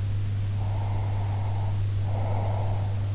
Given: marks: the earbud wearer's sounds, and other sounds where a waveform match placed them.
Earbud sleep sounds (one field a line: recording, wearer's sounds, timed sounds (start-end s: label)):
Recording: sounds in sleep by an in-ear microphone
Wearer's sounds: breath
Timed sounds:
0.57-3.08 s: breath